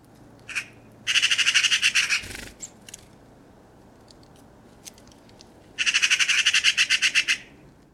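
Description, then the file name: Eurasian magpie chatter, two harsh rapid rattling bursts separated by a few seconds of quiet with scattered clicks. "Pica pica"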